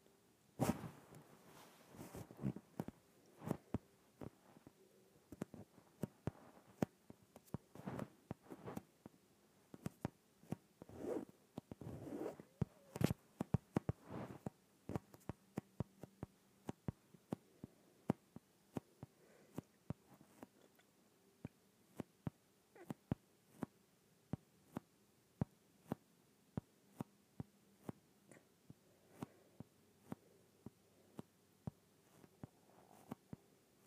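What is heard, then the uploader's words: An inflated yoga ball is handled, giving sharp, irregular taps and slaps scattered across the whole stretch. The hits come thickest and loudest in the first fifteen seconds, then thin out into sparser, softer knocks, with a low, steady hum beneath. ASMR Inflated Yoga Ball.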